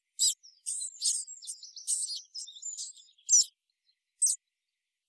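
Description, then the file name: Marsh tit calls: a busy run of high, thin chirps and buzzy notes, some clipped and some slurred, clustered over the first three and a half seconds, then two isolated sharp notes. "Poecile palustris"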